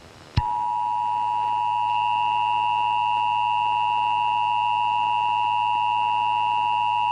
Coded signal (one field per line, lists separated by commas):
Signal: Emergency Alert System (SAME) tones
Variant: 853 and 960 Hz attention tone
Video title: EAS Scenario #49: Severe Solar Storm